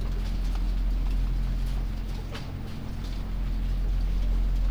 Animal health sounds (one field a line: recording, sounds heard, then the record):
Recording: poultry house recording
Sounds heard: sick chickens (respiratory disease)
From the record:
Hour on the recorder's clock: 2